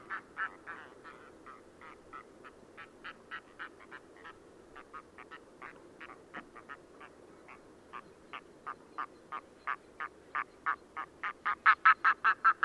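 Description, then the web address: Red-throated loon song: a long, rhythmic series of short, harsh quacking notes that swells to a loud climax near the end. "chant xeno-canto plongeon catmarin"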